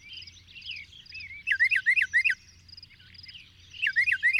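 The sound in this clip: Bird song with two quick bursts of repeated rising whistled notes amid softer high twittering and a low hum.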